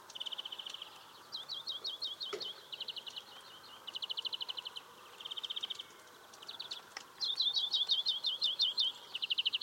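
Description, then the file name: European greenfinch song of rapid ticking trills and twittering phrases strung together almost continuously, with brief pauses between bursts. "Chloris chloris"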